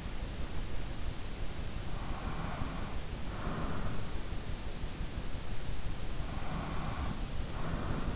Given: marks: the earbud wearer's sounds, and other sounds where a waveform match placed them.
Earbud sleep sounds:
sounds in sleep by an in-ear microphone; breath
2.25-4.01 s: breath
6.44-8.16 s: breath

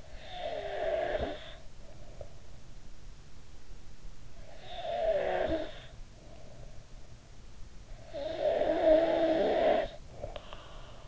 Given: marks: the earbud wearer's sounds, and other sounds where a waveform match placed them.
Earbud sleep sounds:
sounds in sleep by an in-ear microphone; snoring breath
0.00-2.83 s: snoring breath
4.11-6.46 s: snoring breath
7.80-11.08 s: snoring breath

